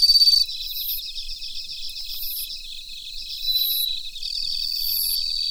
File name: Suzumushi Mitsukado